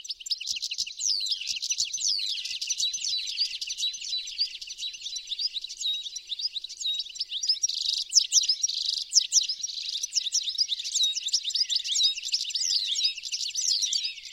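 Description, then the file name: European goldfinch calls: bright, tinkling chatter of rapid overlapping chirps that runs without pause for the whole stretch, with a few faint low ticks early on. "Carduelis carduelis"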